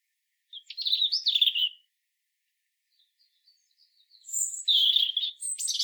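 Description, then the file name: European robin with a silvery, wavering phrase, a quiet gap with a few faint ticks, then a denser, higher cascade of trills. "Erithacus rubecula"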